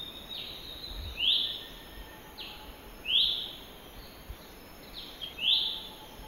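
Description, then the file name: Lesser green leafbird calls: bright high notes dropping in pitch, repeated about every two seconds, with softer fainter notes between and a constant hiss beneath. "suara panggilan cucak hijau mini di alam liar. omkicau"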